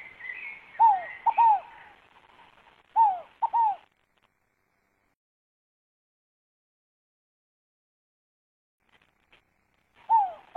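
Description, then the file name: Scaled dove cooing: two three-part descending phrases, a long quiet stretch, then the phrase begins again. Faint bird chatter comes at the start. "canto da rolinha fogo pagou"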